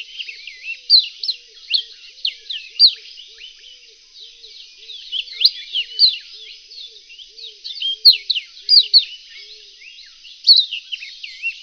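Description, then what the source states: Reunion olive white-eye song: high sweeping chirps in energetic bursts, with faint, low, regular tones in the background. Song (kicau); called pleci in Indonesian.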